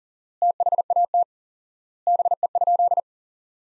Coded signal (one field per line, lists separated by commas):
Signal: Morse code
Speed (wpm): 40 wpm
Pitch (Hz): 700 Hz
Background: none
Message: THAT BE?